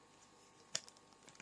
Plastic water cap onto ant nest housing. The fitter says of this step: clicks into place you just twist it slightly and